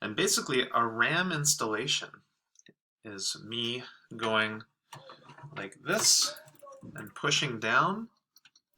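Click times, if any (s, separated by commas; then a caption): none. A RAM module is being pushed down into a motherboard memory slot while someone talks. Near the end, a few faint, short ticks are heard. The module has not seated or clicked into place yet.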